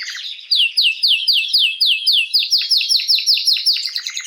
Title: Canary Training Esquente Seu Filhote E Canario Belga Macho Cantando Muito. Canrio Belga RAIDEN Cantando Muito - Esquente seu Canrio Belga